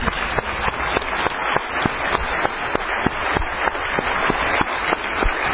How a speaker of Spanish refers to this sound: ¿Cuánto tiempo tuvimos que esperar para una reunión como esta? Empecemos con un aplauso porque estamos de vuelta.